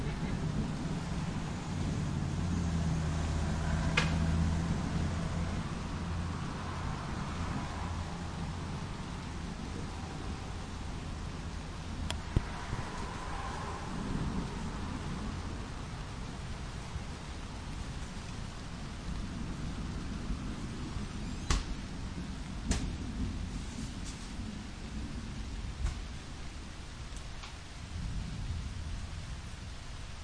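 An approaching storm with steady rain hissing throughout and a deep rumble of thunder rolling low underneath, strongest in the first dozen seconds. Several sharp clicks or knocks land near 4, 12, 21, 23 and 27 seconds, likely drips or impacts.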